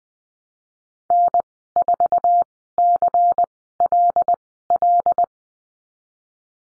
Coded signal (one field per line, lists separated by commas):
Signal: Morse code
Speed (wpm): 20 wpm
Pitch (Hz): 700 Hz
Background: none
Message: N4CLL